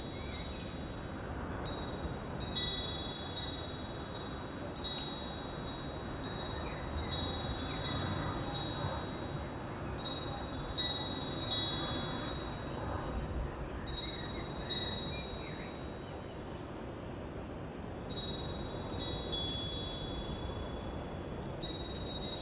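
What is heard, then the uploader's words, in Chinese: Wind chimes ring in a light breeze over a field, their bright metallic tones clustering in bursts every second or two, with a quiet pause around 16 to 18 seconds. Beneath them a soft, steady wind rustle fills the low end throughout. 田野 微风 风铃。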